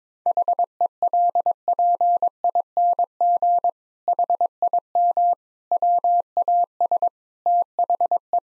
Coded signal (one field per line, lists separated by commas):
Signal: Morse code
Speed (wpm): 22 wpm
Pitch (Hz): 700 Hz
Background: none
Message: HELPING HIM WAS THE